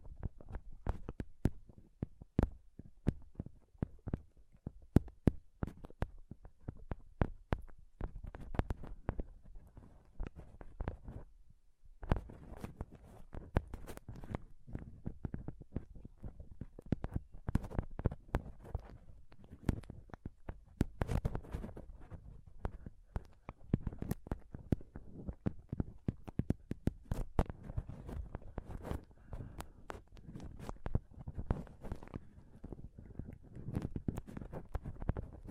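Scratching and touching on a microphone, a dense stream of sharp clicks, scrapes and thuds that crowd the whole 36 seconds with a heavy low rumble underneath. A brief lull comes around eleven seconds before the rubbing and tapping resume just as busily.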